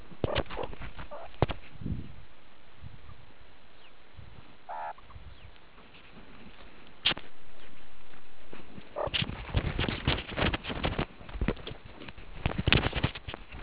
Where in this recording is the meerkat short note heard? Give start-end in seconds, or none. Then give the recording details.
3.08-3.12. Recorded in the Kuruman River Reserve, South Africa. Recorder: an audio tag on a meerkat's collar